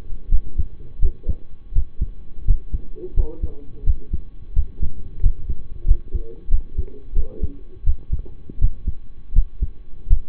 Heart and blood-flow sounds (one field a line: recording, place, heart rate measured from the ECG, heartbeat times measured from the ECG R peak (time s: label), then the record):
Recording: heart sounds by stethoscope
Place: between the tricuspid and mitral areas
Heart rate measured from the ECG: 86 bpm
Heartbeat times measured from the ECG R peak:
0.29 s: heartbeat
0.99 s: heartbeat
1.72 s: heartbeat
2.44 s: heartbeat
3.14 s: heartbeat
3.84 s: heartbeat
4.53 s: heartbeat
5.20 s: heartbeat
5.85 s: heartbeat
6.49 s: heartbeat
7.13 s: heartbeat
7.84 s: heartbeat
8.58 s: heartbeat
9.32 s: heartbeat
10.07 s: heartbeat
From the record:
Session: rest, lying down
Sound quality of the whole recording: partially saturated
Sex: male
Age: 25 years